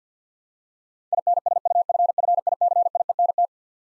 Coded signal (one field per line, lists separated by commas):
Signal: Morse code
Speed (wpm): 50 wpm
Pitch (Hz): 700 Hz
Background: none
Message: INSUFFICIENT